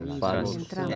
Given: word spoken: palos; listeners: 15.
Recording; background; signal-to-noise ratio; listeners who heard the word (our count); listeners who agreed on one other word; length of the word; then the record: one Spanish word in noise, from a listening test; four-talker babble; 0.6 dB; 0 of 15; 6 of 15; 0.55 s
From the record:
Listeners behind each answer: 6, 2, 2, 1, 1, 1, 1, 1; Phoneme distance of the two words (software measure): 17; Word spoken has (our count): 2 syllables, 5 phonemes, stress on syllable 1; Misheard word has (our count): 2 syllables, 4 phonemes, stress on syllable 1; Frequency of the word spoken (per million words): 12.04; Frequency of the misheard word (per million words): 228.90